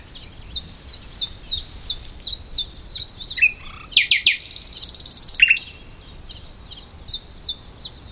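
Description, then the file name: Common nightingale delivering repeated downslurred notes, then a harsh high buzzing burst and mixed notes, before returning to the evenly spaced falling notes. "Luscinia megarhynchos"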